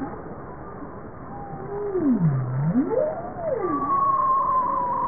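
Bowhead whale giving a single low moan that falls and rises in a U shape, followed by a short dip and a steady higher tone at the end.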